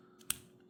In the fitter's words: okay there he is oh he popped out